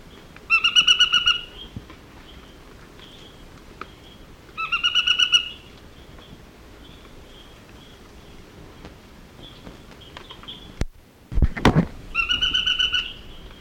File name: Scytalopus vicinior - Narino Tapaculo